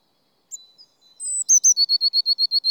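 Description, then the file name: Eurasian blue tit calling: a few thin high notes, then a rapid run of about a dozen short, sharp, even tsee-like notes. "Cyanistes caeruleus"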